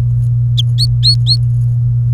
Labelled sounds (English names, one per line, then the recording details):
Domestic Canary song
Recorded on 24 April 2018 at 09:11
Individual llb3